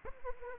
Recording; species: mosquito wingbeat signal from an infrared sensor; Anopheles arabiensis